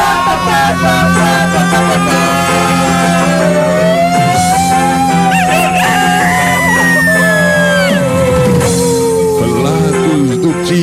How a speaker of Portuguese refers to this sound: Mas olha o galo. Olha o galo da galo hoje, hein? Hoje tá grandão.